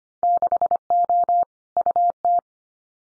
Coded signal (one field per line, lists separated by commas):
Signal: Morse code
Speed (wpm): 25 wpm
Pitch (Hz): 700 Hz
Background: none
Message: 6O UT